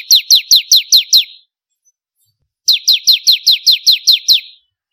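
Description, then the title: Bar-winged prinia song: two quick bursts of high, sharp downslurred chirps, split by a pause of over a second; otherwise quiet. "Kicau Ciblek Kristal"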